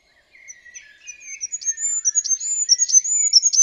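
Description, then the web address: Bird starting quietly and swelling into a fast, rhythmic sequence of high sharp chips and thin whistles over a faint lower warble. "Bird Only"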